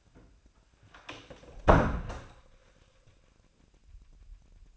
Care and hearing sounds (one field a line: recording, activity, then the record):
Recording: daily activity, microphone in the room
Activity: close door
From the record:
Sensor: 2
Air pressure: 1009.1 hPa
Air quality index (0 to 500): 186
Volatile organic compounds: 3 ppm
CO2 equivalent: 1350 ppm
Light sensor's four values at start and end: 30/80/34/36 and 30/79/33/35